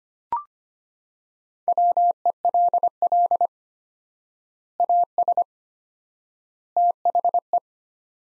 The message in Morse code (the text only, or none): WELL AS THE